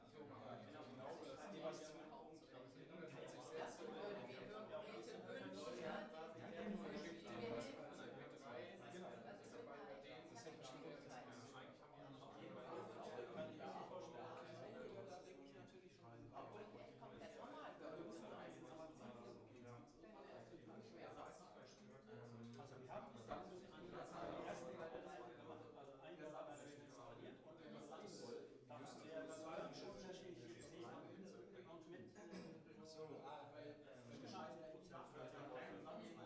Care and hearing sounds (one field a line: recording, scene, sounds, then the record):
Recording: everyday scene through a hearing-aid microphone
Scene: many people talking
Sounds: many voices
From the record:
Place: bistro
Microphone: behind the ear, right, rear